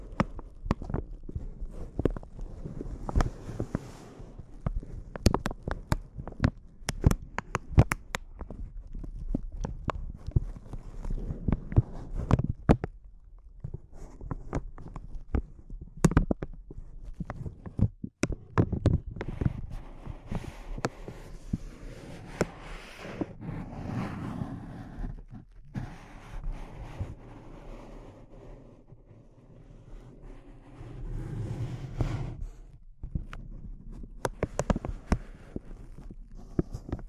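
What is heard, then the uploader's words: Close, intense crinkling with sharp bright crackles that come in dense bursts, thickest in the first eight seconds and again around 16 and 31 seconds. Between bursts, softer low rustling and handling noise carries on, with a brief quieter pause near 13 seconds. ASMR Intense Close-Up Crinkles (No Talking).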